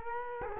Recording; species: mosquito wingbeat signal from an infrared sensor; Culex quinquefasciatus